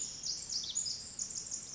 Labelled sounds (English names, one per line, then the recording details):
Pacific Wren
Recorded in Sonoma County, California